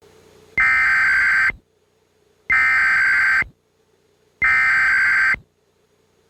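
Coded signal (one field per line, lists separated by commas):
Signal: Emergency Alert System (SAME) tones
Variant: header bursts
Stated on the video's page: Fictional EAS scenario.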